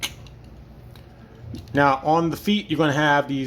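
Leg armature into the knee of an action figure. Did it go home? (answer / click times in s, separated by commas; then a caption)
yes / 0.3 s, 1.0 s, 1.5 s. The leg armature of a plastic 2001 Transformers RID Sky-Byte transforming robot figure is brought up and down and clicked into position at the knee, with small clicks at 0.3, 1.0 and 1.6 seconds. The armature seats into place, and then someone talks.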